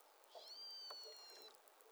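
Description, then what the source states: Pilot whale whistle: a rich tonal note with stacked harmonics rising briefly then holding steady and gently falling over about a second, with faint clicks and hiss behind. Call classified as type 31.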